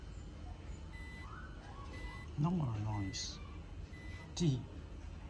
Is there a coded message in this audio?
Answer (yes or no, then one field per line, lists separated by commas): no